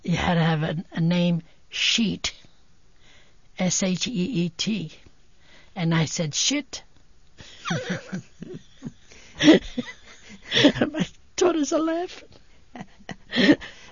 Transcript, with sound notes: You had to have a name sheet. S-H-E-E-T. And I said "shit." (they laugh) My daughters are laughing.